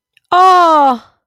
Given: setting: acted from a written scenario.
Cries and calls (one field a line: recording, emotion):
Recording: vocal sound without words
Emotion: elation